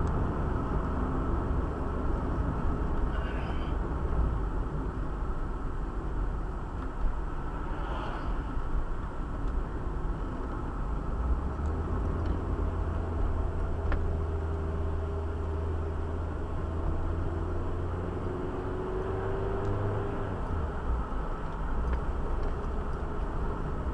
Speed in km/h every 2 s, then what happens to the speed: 43, 39, 36, 37, 41, 36, 33, 32, 29, 37, 42, 43.
0-3 slows to 36. 3-9 steady at about 37. 9-15 slows to 29. 15-20 speeds up to 42.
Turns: 0-10, 10-18.